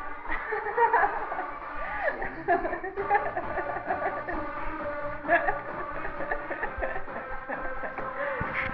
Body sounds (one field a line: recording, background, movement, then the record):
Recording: laughter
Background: music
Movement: walking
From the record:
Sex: female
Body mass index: 18.3 kg/m2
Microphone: on the chest, facing the body